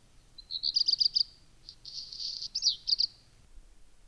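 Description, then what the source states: Black redstart song with a high whistle, a fast series of ringing notes, a pause, then a rough crackling section and two final sharp notes. Sings early in the morning from a high perch, upright and jerking its tail; in the breeding season sings continuously, increasingly as spring approaches.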